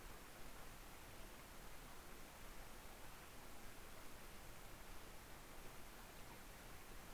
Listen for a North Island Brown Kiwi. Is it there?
no